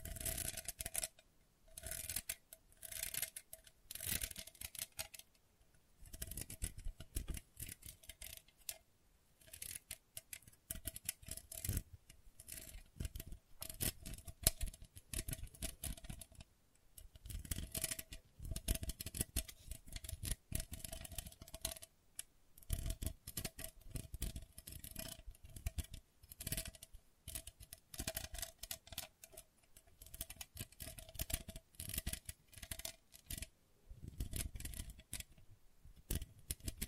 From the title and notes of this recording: ASMR Gentle Scratching You Will Fall Asleep To (No Talking).